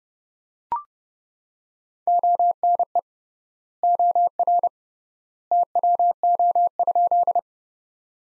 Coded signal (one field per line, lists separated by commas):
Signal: Morse code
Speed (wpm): 31 wpm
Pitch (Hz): 700 Hz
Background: none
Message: ONE OR TWO?